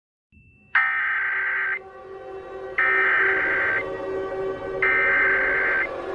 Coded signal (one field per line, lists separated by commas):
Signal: Emergency Alert System (SAME) tones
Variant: header bursts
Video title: EAS Scenario #4 The 450 MPH Tornado